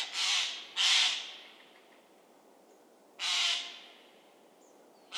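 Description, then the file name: Eurasian jay calling with rough, scratchy screeches, a quick pair, then a single call and the start of another, in a quiet setting. "Garrulus glandarius"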